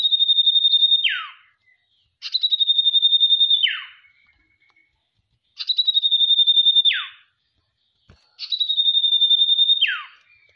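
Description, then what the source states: Sirtu song: high, evenly pulsed trills, each ending in a steep downward slur, given four times in quick succession with one soft click. Masteran tutor recording for training cage birds, presenting the full range of song variations.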